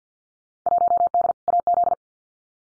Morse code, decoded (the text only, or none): 1D AZ